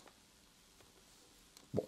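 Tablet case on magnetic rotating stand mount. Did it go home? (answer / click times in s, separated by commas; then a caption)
yes / 1.8 s. An iPad in its case on a PITAKA MagEZ magnetic rotating stand mount is turned between vertical and horizontal orientations. It gives faint taps at 0.1 s and 1.6 s, then a small, sharp click at 1.8 s as it settles and seats into position, judged flawless. No one speaks during the clip.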